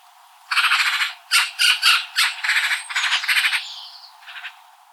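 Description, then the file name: Eurasian magpie giving a harsh, rattling chatter of several rapid grating bursts, with short pauses between groups. "Pica pica"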